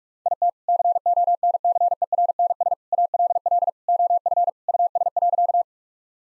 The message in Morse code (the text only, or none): IT CONCERNS ALL OF US.